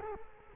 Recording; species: mosquito wingbeat signal from an infrared sensor; Culex quinquefasciatus